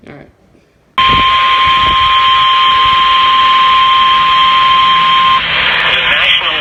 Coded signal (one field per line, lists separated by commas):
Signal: Emergency Alert System (SAME) tones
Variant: 1050 Hz attention tone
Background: speech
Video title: TOO MANY FLOODS! (EAS 94-101)